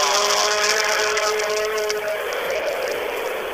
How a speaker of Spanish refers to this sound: Se siente el auto, allí va llegando, curva contra curva, pasa el paredón del dique, ustedes lo pueden escuchar, ahí entra muy fuerte, ahí pasó Lucho Bosch.